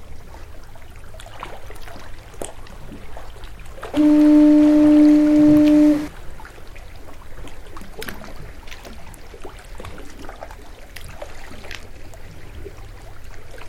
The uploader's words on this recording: Lighthouses Voices: Ireland - Roche's Point Lighthouse. Derivative mixed work by Artyom "Zelyony Koshak" Krukovsky. Background sound "Meer Fels dümpelt Sard" by Thomas Bruderer. Generated sound of Roche's Point foghorn in Audacity.